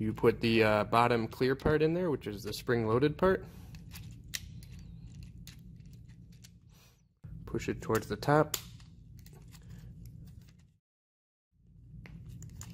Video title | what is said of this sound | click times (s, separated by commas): LS Electric America - MC Contactor AUX Install and Remove | then it snaps right in there | 12.6 s